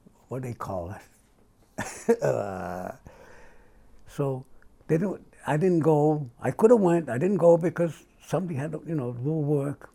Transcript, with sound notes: What do they call that?. [laughs] So, they didn't - I didn't go - I coulda went - I didn't go because somebody had to, y'know, go to work.